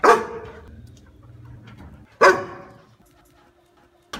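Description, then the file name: Dog letting out two loud, abrupt barks about two seconds apart, with a third starting at the very end. "Tieng cho sua"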